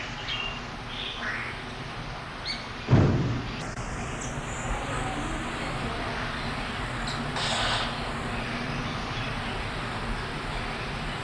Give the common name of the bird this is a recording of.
Yellow-rumped Cacique